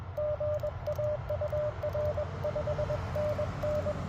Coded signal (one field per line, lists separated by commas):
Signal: Morse code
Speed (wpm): 21 wpm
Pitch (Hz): 590 Hz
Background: radio noise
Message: GA UR 5NN